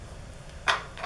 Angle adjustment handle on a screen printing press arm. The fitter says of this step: a lock in place now I can unlock it okay